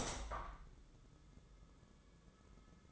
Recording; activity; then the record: daily activity, microphone in the room; open window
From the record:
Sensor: 3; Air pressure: 1004.6 hPa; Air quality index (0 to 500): 95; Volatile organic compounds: 3 ppm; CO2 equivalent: 1479 ppm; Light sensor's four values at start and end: 7/16/6/6 and 7/17/6/6